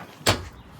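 After the ambient temperature sensor and harness on a Ford Maverick are replaced, the removed front trim piece is pushed back into the truck's front end. A single sharp snap is heard at 0.3 s over quiet background. The trim panel snaps back in and is seated, though it still needs a screw.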